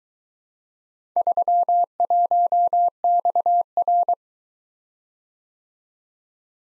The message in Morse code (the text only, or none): 31XR